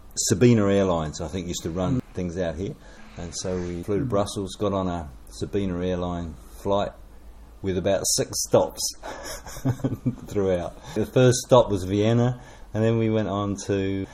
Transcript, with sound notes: Sabena Airlines I think, used to run things out here, and so we flew to Brussels, got on a Sabena Airline flight with about six stops [chuckle] throughout. The first stop was Vienna, and then we went on to…